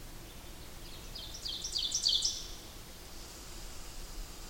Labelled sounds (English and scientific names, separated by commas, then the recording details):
Ovenbird (Seiurus aurocapilla) song
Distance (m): 15 m
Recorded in boreal forest in Alberta, Canada, on 8 June 2016 at 08:04
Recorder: SongMeter 3, array SBT-3-9
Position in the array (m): 141 m, 129 m
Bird 35